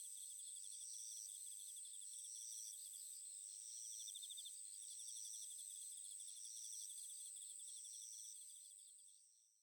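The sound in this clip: Cricket chorus of overlapping high trills, one continuous ringing tone with shorter pulsed bursts every couple of seconds and a fast lower chirping, fading away at the end.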